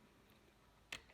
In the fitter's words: and you pop it back in and it will engage